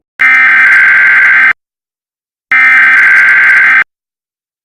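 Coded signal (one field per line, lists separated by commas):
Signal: Emergency Alert System (SAME) tones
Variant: header bursts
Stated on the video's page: EAS scenario, a fictional alert.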